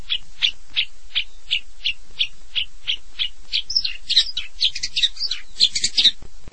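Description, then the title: Long-tailed shrike song: evenly spaced harsh notes, turning into a busier tumble of scratchy, squeaky phrases. "Kicau Burung Pentet"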